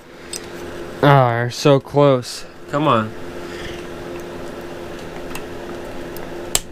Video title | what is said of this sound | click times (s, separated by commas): NEW BIKE! $340 Honda CB500 - WILL IT RUN? | there we go snapped right in place then | 6.5 s